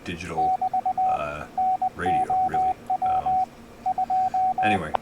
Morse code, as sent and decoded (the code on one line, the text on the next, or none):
-...- / -. --- .-- / ..---
<BT> NOW 2